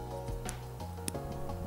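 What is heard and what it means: A plastic model kit part is pushed into its mating part over steady background music, with only brief faint taps near 0.5 s and 1.1 s. The part goes in without giving a real click, so nothing has clicked into place.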